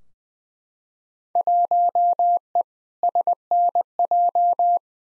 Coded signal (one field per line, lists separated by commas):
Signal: Morse code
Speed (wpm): 21 wpm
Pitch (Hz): 700 Hz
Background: none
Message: 1E SNJ